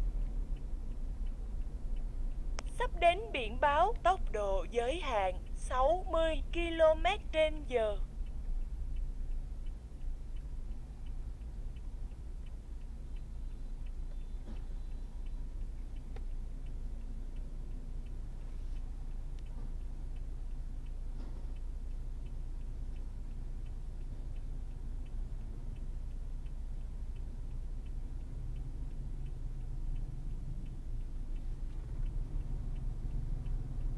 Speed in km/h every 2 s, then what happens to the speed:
41, 37, 31, 27, 23, 15, 8, 4, 0, 0, 0, 0, 0, 0, 0, 0, 0.
0-15 slows to 0. 15-34 standing.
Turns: none.